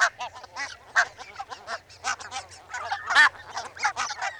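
Barnacle goose flock yapping, clipped barking notes tumbling over one another rapidly, a few louder calls standing out, low hum in the background.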